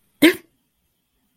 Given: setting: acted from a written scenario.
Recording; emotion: vocal sound without words; negative surprise